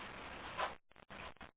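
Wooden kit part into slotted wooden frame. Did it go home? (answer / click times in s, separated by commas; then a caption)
no / none. A glued wooden model part is lined up with its tab to the top over a slotted wooden frame before being set and wiggled into place. A steady soft rustling handling noise rises briefly near 0.6 s, then gives way to short, broken scraping bursts with faint ticks around 0.9, 1.0 and 1.6 s. Nothing has seated or clicked into place yet.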